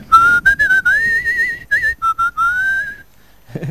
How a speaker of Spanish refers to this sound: Bien interpretado por el violín, que igual se atisba así un poquito de silbido en el tema, Ángel. Es un tema silbable, perfectamente, vamos.